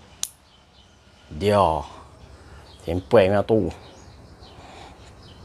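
A plastic wire tap clamp is pressed shut over a wire and seats with one sharp, loud click at 0.2 s. Someone then talks.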